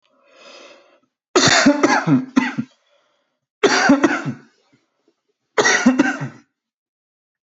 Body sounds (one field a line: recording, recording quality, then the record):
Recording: heavy voluntary cough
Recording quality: excellent, no background noise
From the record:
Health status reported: healthy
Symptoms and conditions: hypertension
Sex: male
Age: 35 years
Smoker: not ticked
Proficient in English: yes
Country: Canada